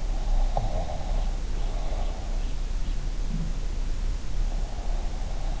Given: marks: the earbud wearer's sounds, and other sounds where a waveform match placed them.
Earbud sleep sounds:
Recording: sounds in sleep by an in-ear microphone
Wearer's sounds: breath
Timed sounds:
0.06-2.50 s: breath

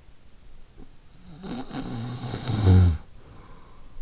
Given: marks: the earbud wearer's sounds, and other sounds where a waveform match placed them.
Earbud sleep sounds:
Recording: sounds in sleep by an in-ear microphone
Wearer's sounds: snoring breath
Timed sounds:
1.11-3.89 s: snoring breath

